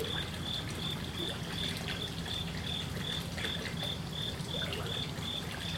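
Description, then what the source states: Cricket chirping in even, quick pulses about three per second, layered over trickling, pouring water and low rumble. Crickets at a koi pond.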